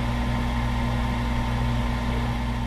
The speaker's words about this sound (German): Auf dem Dach brummt eine Kühlanlage.